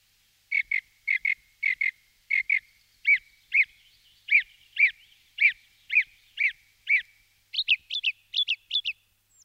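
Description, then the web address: Thrush singing clear, whistled double notes repeated in even runs, then switching to a higher, quicker phrase near the end, against silence. "Drozg"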